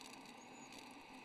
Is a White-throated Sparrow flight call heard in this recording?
no